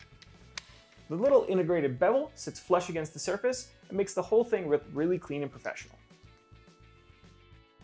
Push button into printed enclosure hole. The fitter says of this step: they lock into place and self-center